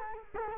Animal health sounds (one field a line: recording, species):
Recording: mosquito wingbeat signal from an infrared sensor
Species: Culex quinquefasciatus